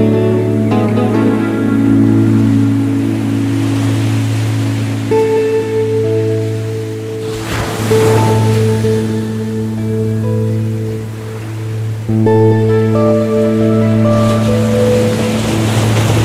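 Waves on the Pacific coast wash in under a steady, low mechanical drone with several held tones that persist throughout. Louder surges of surf rise around eight seconds and again from about fourteen seconds, then fade back into the continuous hum.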